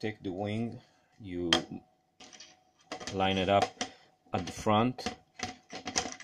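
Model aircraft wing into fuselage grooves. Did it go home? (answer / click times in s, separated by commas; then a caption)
yes / 6.0 s. A model aircraft wing is lined up with the grooves on the side of the fuselage and pushed home while someone talks. Once it is about ten millimetres off, it clicks into place at 6.0 s and is held there.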